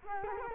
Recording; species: mosquito wingbeat signal from an infrared sensor; Culex quinquefasciatus